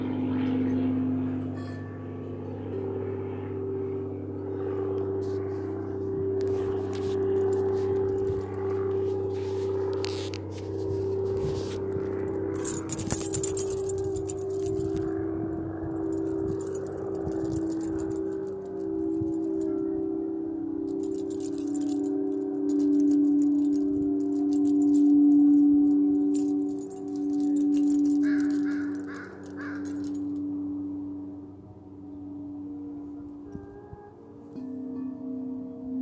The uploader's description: Tibetan singing bowls, gypsy bracelet, Native American tribal drumming, the birds, wind chimes, kitties joining in